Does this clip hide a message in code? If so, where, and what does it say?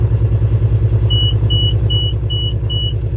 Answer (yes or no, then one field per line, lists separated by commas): no